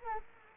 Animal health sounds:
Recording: mosquito wingbeat signal from an infrared sensor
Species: Anopheles arabiensis

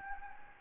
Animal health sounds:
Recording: mosquito wingbeat signal from an infrared sensor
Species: Anopheles gambiae

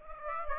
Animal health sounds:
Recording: mosquito wingbeat signal from an infrared sensor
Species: Aedes aegypti

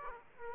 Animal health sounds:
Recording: mosquito wingbeat signal from an infrared sensor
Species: Aedes aegypti

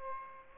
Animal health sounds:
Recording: mosquito wingbeat signal from an infrared sensor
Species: Aedes aegypti

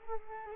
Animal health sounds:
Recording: mosquito wingbeat signal from an infrared sensor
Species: Culex quinquefasciatus

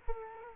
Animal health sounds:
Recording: mosquito wingbeat signal from an infrared sensor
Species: Culex quinquefasciatus

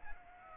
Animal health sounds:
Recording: mosquito wingbeat signal from an infrared sensor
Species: Aedes aegypti

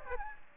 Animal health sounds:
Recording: mosquito wingbeat signal from an infrared sensor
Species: Aedes aegypti

